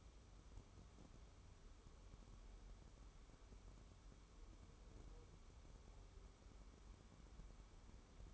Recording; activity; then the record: daily activity, microphone in the room; wipe stove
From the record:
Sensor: 1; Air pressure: 1015.1 hPa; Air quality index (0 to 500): 37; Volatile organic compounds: 1 ppm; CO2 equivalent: 571 ppm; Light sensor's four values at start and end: 13/32/13/14 and 13/32/13/14